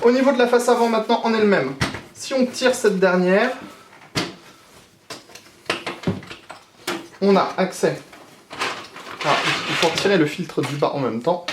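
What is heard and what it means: The plastic front panel of a Fractal Design Define C PC case is pulled so its clips come free, with sharp pops at about 5.7 s and 6.9 s among smaller clicks between 5.1 and 6.5 s. Someone talks before and after the pull, and the front panel is released.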